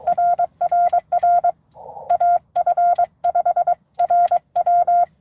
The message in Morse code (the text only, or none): RRR AF5RW